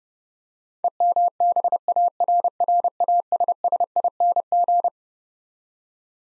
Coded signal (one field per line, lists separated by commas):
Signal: Morse code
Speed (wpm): 30 wpm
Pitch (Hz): 700 Hz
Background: none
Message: EMBARRASSING